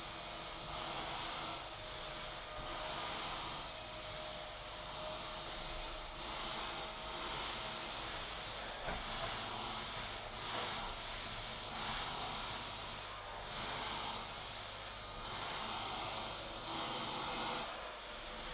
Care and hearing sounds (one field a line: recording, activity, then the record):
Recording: daily activity, microphone in the room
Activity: vacuum cleaning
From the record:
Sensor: 5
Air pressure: 991.2 hPa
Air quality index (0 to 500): 122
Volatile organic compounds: 47 ppm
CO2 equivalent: 3247 ppm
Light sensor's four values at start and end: 35/114/43/46 and 35/114/43/46